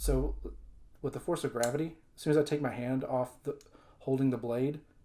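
A T.W. Price Dawn folding knife is held by its steel blade, which is about to swing open under gravity until the lock bar in the handle engages. Someone talks throughout, and nothing has seated or clicked yet.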